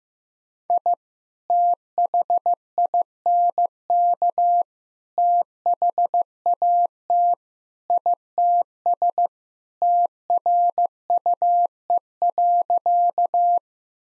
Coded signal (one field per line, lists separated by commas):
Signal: Morse code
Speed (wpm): 15 wpm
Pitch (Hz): 700 Hz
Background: none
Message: I THINK THAT ITS TRUE.